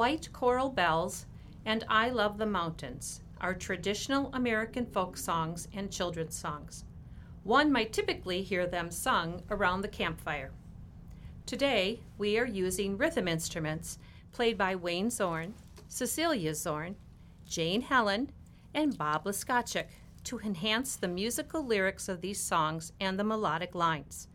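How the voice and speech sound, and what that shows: A woman reads a short introduction clearly and fluently at a steady pace in a studio, with no speech disorder heard.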